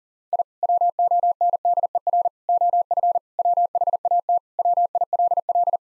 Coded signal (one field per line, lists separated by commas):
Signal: Morse code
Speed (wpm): 40 wpm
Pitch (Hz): 700 Hz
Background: none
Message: I WONDER OF WHAT WILL